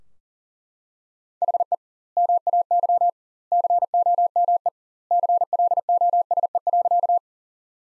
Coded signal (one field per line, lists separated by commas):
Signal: Morse code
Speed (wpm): 40 wpm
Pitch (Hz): 700 Hz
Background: none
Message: HE MAY COME CLOSE.